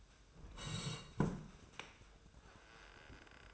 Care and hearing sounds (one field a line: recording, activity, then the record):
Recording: daily activity, microphone in the room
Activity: sit down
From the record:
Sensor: 2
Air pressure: 1005.0 hPa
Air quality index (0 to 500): 101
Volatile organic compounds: 2 ppm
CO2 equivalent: 1219 ppm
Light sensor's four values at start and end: 7/17/7/7 and 7/18/7/7